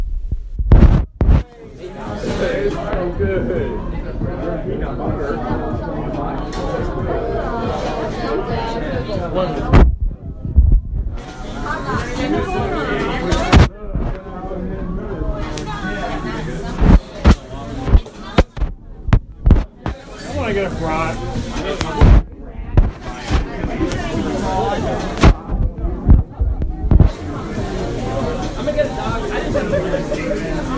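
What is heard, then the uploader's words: A party on West Belmont: overlapping voices and chatter run almost continuously through the half minute. Sharp bangs or thumps cut through repeatedly, roughly every few seconds, clustered around 10, 17–19 and 22–27 seconds, over a steady background hum. Fall 2019, A Party On West Belmont. Sounds like a party & the file name places this on west Belmont in Chicago.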